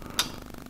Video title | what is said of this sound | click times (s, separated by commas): Motorcycle Smartphone Mount Options - Is Ciro 3D the Answer? | push you can hear it click one extra clamp in there | 0.2 s